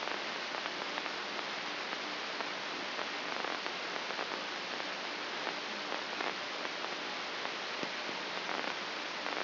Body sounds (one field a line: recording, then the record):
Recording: brain microelectrode recording played as sound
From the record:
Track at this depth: inside the subthalamic nucleus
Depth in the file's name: 5.829 mm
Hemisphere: left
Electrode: 2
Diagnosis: Parkinson's disease